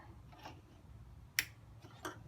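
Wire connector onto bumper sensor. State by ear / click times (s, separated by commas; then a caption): seated / 1.4 s, 2.0 s. A wiring connector is pushed onto a sensor or fog light on the bumper of a 2019 Dodge Ram 1500 Laramie. A sharp snap at 1.4 s marks the connector seating, followed by a softer click at 2.1 s as the small keeper locks it in place. The connector is seated and locked.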